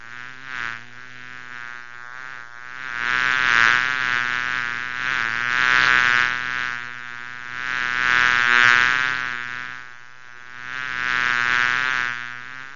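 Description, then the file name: Mosquito whine, a thin, continuous buzzing hum that swells and fades every few seconds as the pitch wavers slightly. "MOUSTIQUE"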